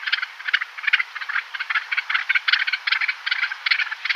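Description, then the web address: Barbary partridge display call: a harsh, rattling series of clipped note groups, steady throughout with no other sounds. Male display. "Schulze Peter Barbary Partridge male display"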